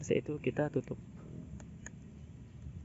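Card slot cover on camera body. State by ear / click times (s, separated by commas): not seated / none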